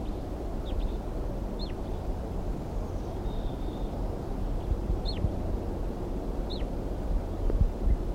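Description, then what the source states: Crossbill calls: several scattered down-slurred chips with a long gap in the middle, and a faint level whistle, over heavy low-pitched background noise. Wild crossbills calling near a trap site, decoy birds also calling; three wild birds flying over the trap site.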